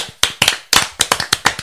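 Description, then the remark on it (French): A brief round of applause: about nine sharp, bright hand claps in a slightly uneven rhythm, fairly loud, with no voices over them. “On applaudit.”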